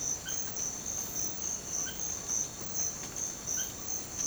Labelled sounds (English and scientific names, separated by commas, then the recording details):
none
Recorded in secondary vegetation near Puerto Asís, Putumayo, Colombia, on 30 June 2025 at 05:30
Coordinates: 0.500, -76.326
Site GP08